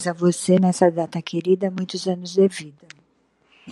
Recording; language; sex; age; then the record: short text; Brazilian Portuguese; female; 60 to 69 years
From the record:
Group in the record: control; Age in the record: 62 years